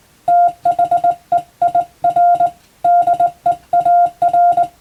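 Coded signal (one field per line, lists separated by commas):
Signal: Morse code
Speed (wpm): 22 wpm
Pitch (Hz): 700 Hz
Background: none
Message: THEIR DEAR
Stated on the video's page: Morse receiving practice for the Japanese radiotelegraph operator national exam, using English-language telegram practice text.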